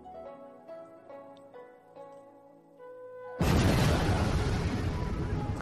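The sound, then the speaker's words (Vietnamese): A soft, tonal musical drone plays, then a crimson liquid in a pool inside a deep cave suddenly explodes, erupting into a dense, sustained roaring rumble that fills the rest of the sound without fading. “Trong chất lỏng đỏ thẫm, đột nhiên nổ tung.”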